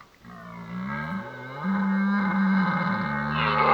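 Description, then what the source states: Red deer stag roaring: one long, deep bellow that swells in loudness and turns rougher toward the end. Old stag roaring during the rut (burlen).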